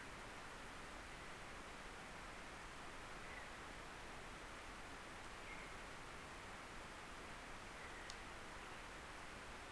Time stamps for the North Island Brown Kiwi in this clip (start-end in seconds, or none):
none